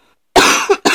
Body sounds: coughing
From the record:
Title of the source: 64 coughing, allergies, singing lungs

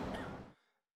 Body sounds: coughing mixed with background sound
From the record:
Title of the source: Coughing Man Sound - Man Cough Sound Effect

